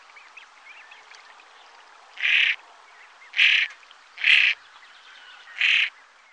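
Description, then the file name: Common pochard giving four loud, harsh, rasping calls, each about a third of a second, spaced roughly a second apart over faint chattering in the background. "Brunand"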